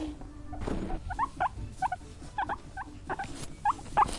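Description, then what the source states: Guinea pig giving short, high squeaks in quick irregular bursts, with a soft low rumble and rustling beneath. Angry.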